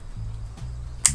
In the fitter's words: Hier ist es gut verarbeitet und man klickt es einfach ein.